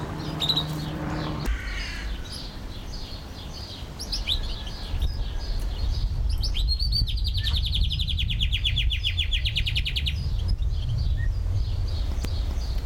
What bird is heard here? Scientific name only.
Uragus sibiricus